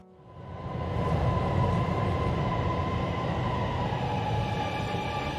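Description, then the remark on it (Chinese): A Beijing subway train runs along the rails, its roar swelling in over the first second into a steady, loud rumble with a thin motor whine riding on top. No voices. “到了1969年10月1日，北京地铁1期工程建成通车，从而结束了中国没有地铁的历史，北京地铁 当之无愧成为我国地铁事业发展的先驱。”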